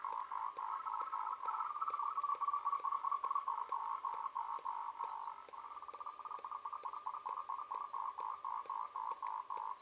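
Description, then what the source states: Frog calling in a rapid pulsed trill that breaks into shorter repeated bursts, with sharp regular clicks about every half second. Recorded 3 March 2021, evening, around 20:02.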